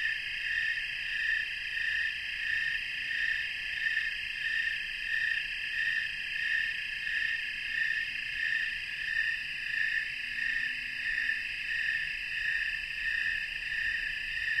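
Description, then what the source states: Snowy tree cricket chorus, a steady high trilling pulse repeating about one and a half times per second, with many insects chirping in unison. Chorus of snowy tree crickets, North America.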